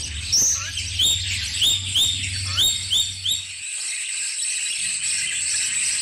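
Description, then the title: Streaked spiderhunter calling in high, uneven chirps and short rising notes, with a low hum underneath during the first half. Long, clear, actively singing Streaked spiderhunter, used as a tutor recording for training birds. "Pijantung Gunung Gacor Jernih Panjang"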